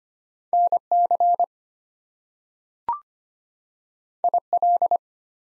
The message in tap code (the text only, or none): none